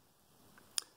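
A wiper blade is slid onto the wiper arm hook on the second side of a Volkswagen MK4 and snaps into place with one sharp click at 0.8 s, after a faint tick around 0.6 s. The blade is seated and the wipers are installed.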